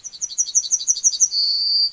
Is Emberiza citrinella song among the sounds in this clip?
yes